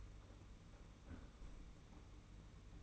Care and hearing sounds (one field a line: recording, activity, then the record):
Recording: daily activity, microphone in the room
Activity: close fridge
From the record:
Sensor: 1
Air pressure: 991.8 hPa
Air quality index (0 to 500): 205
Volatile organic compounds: 1000 ppm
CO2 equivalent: 7939 ppm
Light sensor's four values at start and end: 28/100/38/39 and 28/100/38/39